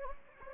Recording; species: mosquito wingbeat signal from an infrared sensor; Anopheles gambiae